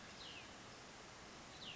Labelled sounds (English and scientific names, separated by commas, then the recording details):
Cassin's Vireo (Vireo cassinii)
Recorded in Sonoma County, California